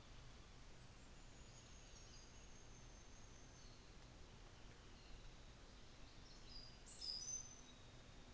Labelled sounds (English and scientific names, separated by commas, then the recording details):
North Island Saddleback (Philesturnus rufusater), New Zealand Fantail (Rhipidura fuliginosa)
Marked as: faintness 5/5, faintness 3/5
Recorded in New Zealand on 24 December 2018
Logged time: 13:10